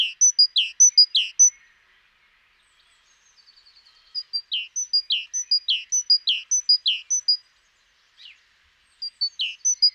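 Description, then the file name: Great tit song in repeated two-note phrases, high then lower, sung in bursts with pauses. "Parus major"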